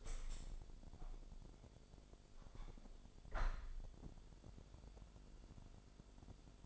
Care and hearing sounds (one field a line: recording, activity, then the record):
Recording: daily activity, microphone in the room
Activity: open window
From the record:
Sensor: 5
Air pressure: 1006.6 hPa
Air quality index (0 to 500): 188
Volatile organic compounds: 5 ppm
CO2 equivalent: 1796 ppm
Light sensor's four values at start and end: 57/162/63/64 and 57/162/63/64